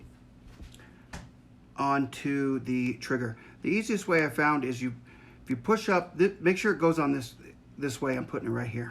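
A steel trigger spring is picked up and positioned by hand before being fitted onto an AR-15 trigger, with two faint sharp sounds near 0.7 s and 1.1 s while someone talks through most of the clip. The spring is only handled here, and nothing has seated or clicked yet.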